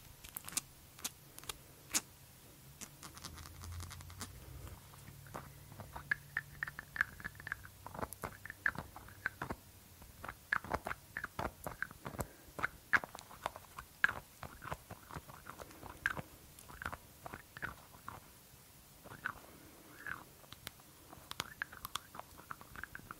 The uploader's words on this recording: ASMR 30 Mins of Glass Dropper Bottle & Lid Sounds for Tingles - tapping, no talking.